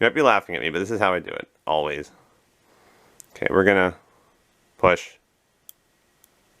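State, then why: Seated. A microSD memory card is pushed into the card slot of a Campark X35 action camera using the tip of a pair of scissors, because it can't be pushed in otherwise. Someone talks, then a sharp click at 5.7 s marks the card seating in the slot, followed by a fainter tick at 6.2 s.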